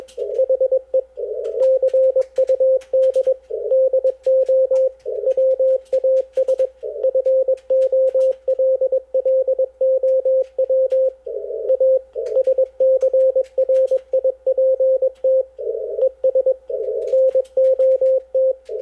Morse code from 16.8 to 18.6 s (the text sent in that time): NOT